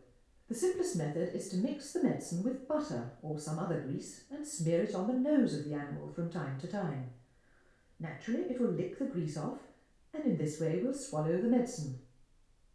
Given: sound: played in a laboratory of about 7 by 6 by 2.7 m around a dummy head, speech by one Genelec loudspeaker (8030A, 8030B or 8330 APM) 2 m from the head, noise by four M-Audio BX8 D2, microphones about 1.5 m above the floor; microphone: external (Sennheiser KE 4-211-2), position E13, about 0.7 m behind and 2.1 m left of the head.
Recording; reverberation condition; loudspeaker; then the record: female speech in English; medium; 150 degrees to the left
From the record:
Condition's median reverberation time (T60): about 510 ms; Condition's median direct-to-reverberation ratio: about -0.5 dB